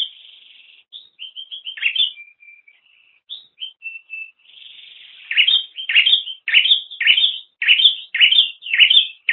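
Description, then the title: Bird singing, first a thin high sustained note and soft scattered tones, then a fast regular series of loud rising chirps. "kikicau"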